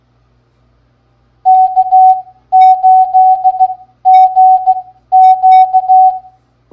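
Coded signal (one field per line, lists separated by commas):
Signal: Morse code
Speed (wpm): 16 wpm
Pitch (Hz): 750 Hz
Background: none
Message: K8GQ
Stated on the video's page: Morse practice game of callsigns sent at 13 wpm.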